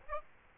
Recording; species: mosquito wingbeat signal from an infrared sensor; Aedes aegypti